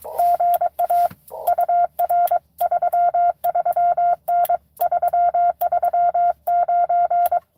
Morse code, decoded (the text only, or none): GA UR 33N 339